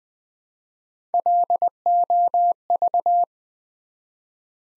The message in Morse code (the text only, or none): LOV